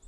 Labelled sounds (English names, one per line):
Hermit Warbler flight call